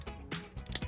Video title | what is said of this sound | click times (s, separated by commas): Transformers: Revenge of the Fallen Legends Class Devastator Figure Review | you want to hear that click. That means it all lines up and locks up properly. | 0.8 s